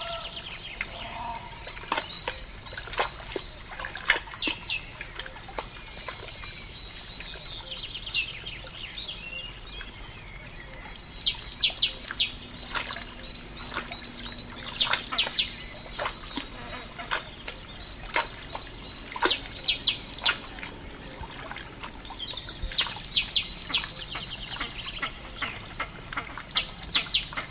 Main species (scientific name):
Parus major